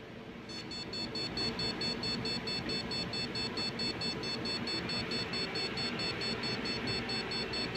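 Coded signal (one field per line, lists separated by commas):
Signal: beep code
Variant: Gigabyte motherboard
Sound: rapid, continuous short high beeps, about five per second, over steady fan hiss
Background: fan noise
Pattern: continuous short beeps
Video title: Gigabyte Motherboard Continues Beep Code Error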